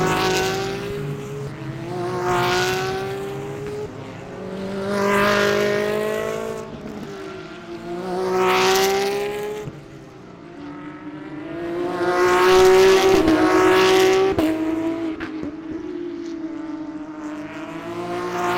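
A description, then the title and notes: GT3 race cars roar around the Mid-Ohio road course, engine notes rising and falling as they pass in a series of surges roughly every three to four seconds. Loudest around twelve to fourteen seconds, with a steady drone between passes. The Sounds of World Challenge GT at Mid-Ohio 2016. An ambient audio feature of the Pirelli World Challenge GT series race at Mid-Ohio with McLarens, Nissans, Acuras, Audis, Cadillacs, Porsches, and more amazing GT3 machinery went wild around the beloved road course.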